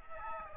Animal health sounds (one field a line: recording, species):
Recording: mosquito wingbeat signal from an infrared sensor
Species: Aedes albopictus